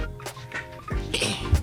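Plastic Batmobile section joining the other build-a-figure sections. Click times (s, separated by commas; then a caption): 1.1 s. A plastic Batmobile section from a McFarlane Toys build-a-figure set is pressed into the other sections, joining the three plastic pieces. Soft handling noises and background music lead to a sharp click at 1.2 s. The pieces snap together firmly and stay held.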